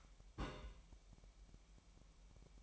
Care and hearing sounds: daily activity, microphone in the room; place on stove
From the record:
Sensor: 1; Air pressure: 1002.0 hPa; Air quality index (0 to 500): 246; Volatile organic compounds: 50 ppm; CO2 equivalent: 3294 ppm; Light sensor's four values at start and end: 5/12/5/6 and 5/12/5/6

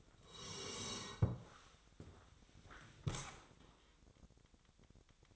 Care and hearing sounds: daily activity, microphone in the room; sit down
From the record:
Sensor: 3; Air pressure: 1000.5 hPa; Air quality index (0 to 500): 168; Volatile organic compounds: 3 ppm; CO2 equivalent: 1466 ppm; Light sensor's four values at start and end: 14/33/14/15 and 14/33/14/15

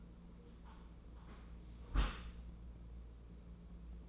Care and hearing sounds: daily activity, microphone in the room; close dishwasher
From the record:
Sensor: 1

